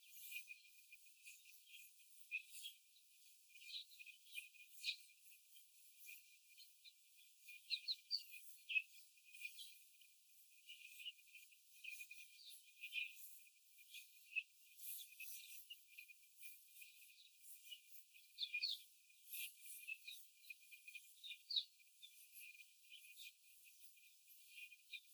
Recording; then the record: young laying hens in a cage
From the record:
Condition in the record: after the stressor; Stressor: simulated dog barking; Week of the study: 4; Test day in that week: 1